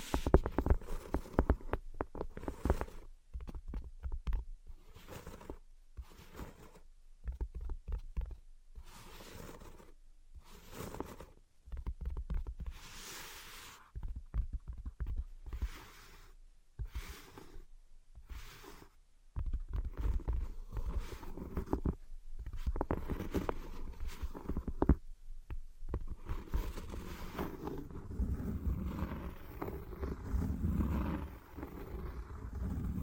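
Tapping and scratching come in quick, irregular bursts with brief silent gaps between them, mostly dull and low with some scratchy hiss on top. After about twenty seconds the sound thickens into a steadier, rumbling scrape that continues to the end.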